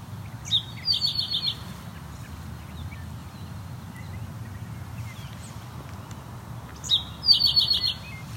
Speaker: That again is the call from the great crested flycatcher.